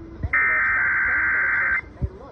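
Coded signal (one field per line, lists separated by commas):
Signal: Emergency Alert System (SAME) tones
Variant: header bursts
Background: speech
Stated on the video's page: EAS test tones from KDKA.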